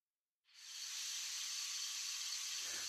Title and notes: 17 Minute Rosary - WEDNESDAY - Glorious - CICADA SONG. outdoor sounds of cicadas singing on a warm summer night